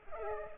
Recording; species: mosquito wingbeat signal from an infrared sensor; Culex pipiens